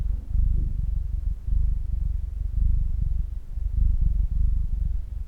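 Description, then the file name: Cat giving a low, throbbing purr in phases broken by short gaps. "cat purr pt 1"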